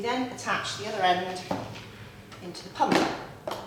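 Someone talks while handling the other end of an air hose connector for an emergency lifting cushion, bringing it toward the compressor lifting pump it attaches to. Handling noises and faint knocks are heard under the talk. Nothing has clicked or seated into the pump yet.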